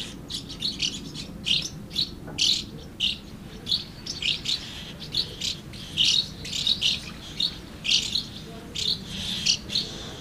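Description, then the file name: Swallows calling in a lively stream of sharp, high chirps, spaced irregularly but nearly continuous throughout. Several swallows recorded at Amblagnieu on 2 July 2017 with an MZ-N 710 device. "MZ-N 710 Hirondelles Amblagnieu 2 07 17"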